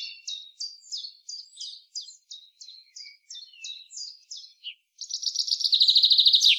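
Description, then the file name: Common chaffinch song: about five seconds of short, sharp, repeated chirps, then a loud, rapid trill that begins and is cut off at the end. "Fringilla coelebs"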